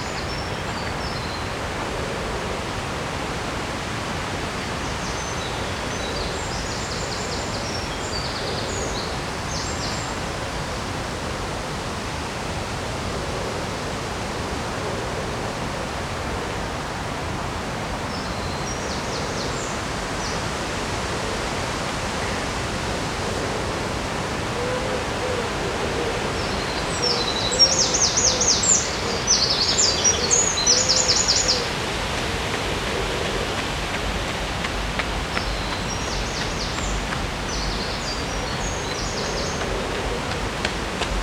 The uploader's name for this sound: Sounds along the river in Odense, Denmark